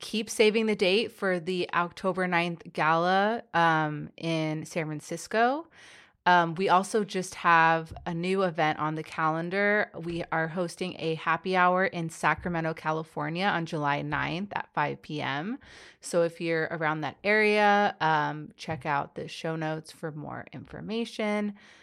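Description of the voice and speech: An adult woman who stutters reads event announcements in mostly fluent, steady speech. Brief disfluencies stand out: a stretched, halting "in" before a place name, drawn-out vowels, and filler "um"s. These mild prolongations and hesitations fit a stutter.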